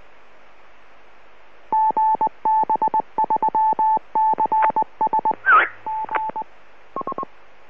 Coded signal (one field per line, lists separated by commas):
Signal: Morse code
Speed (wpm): 19 wpm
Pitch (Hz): 880 Hz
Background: radio noise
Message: GB3CS G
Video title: MM6JSN & MM6NWH foul language while in QSO on GB3CS PART2